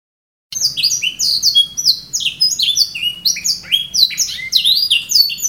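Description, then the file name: Canary song starting after half a second of quiet: bright, fast-sliding whistled notes grouped into repeated bursts, with a faint hum underneath. Song style called raja melodi. "audio kenari raja melodi omkicau"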